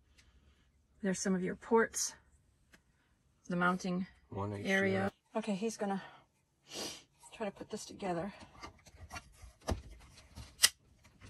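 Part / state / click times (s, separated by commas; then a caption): mounting bracket part into mini desktop computer mount / seated / 10.6 s. Someone talks while pushing together a piece of the mounting bracket for a 2022 Apple Mac Mini. A little click is heard at 10.7 s as the piece snaps into the mount, and the piece is seated in place.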